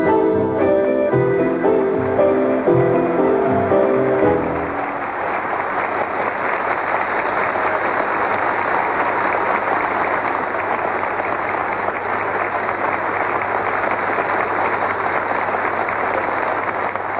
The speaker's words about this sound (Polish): Zasłużone oklaski, zasłużone, bo piosenka przepiękna